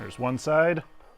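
Someone talks while the steel safety lock on the second side of a BendPak 4-post lift's cross brace is handled into the lift post's internal ladder. No click is heard, and nothing has seated or clicked yet.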